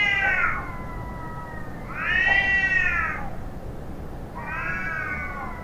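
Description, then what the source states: Cat caterwauling in three drawn-out, harmonic wails, each swelling then falling away, spaced about two seconds apart, over a constant low hum. Cats fighting.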